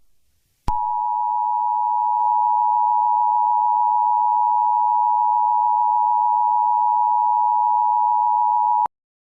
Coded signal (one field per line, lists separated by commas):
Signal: Emergency Alert System (SAME) tones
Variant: 853 and 960 Hz attention tone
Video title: Emergency Alert System Scenario: 9-1-1 Telephone Outage